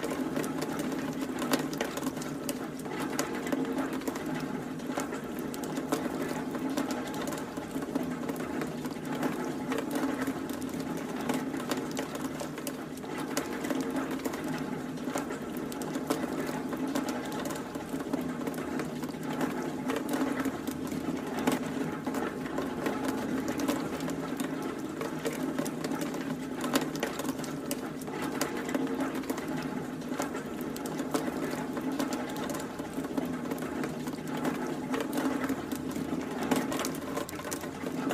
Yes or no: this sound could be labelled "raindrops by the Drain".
yes